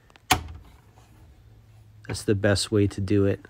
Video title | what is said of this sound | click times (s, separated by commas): Wheeled Warriors Battle Base Fortress Repair and Review | easily and just clicks right in that's | 0.3 s